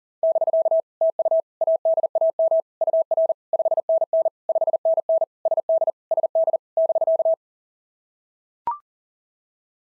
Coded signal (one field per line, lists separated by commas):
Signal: Morse code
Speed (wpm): 37 wpm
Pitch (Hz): 660 Hz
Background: none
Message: <BK> TU ADAM UR 5NN 5NN SD SD <BK>